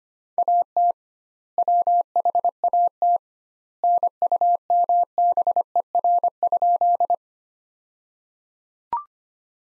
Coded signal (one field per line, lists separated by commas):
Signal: Morse code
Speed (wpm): 25 wpm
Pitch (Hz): 700 Hz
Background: none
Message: AT WHAT NUMBER?